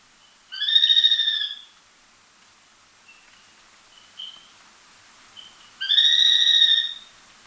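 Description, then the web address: Spillmann's tapaculo song: two rapid buzzy trills separated by a pause of several seconds, each lasting around a second, with a few soft single notes in between. Ecuador. "Birds of Ecuador Spillmann's Tapaculo"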